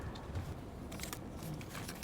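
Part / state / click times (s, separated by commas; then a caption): wiring connector onto ignition coil / not seated / none. A plastic electrical connector is handled and pushed toward the ignition coil terminal while changing spark plugs and coils on a 2012 Honda CBR 1000RR. Low rustling handling noise runs throughout, with two brief, faint ticks around 1.0 and 1.1 seconds. The clip ends just before the connector goes home; nothing has seated or clicked yet.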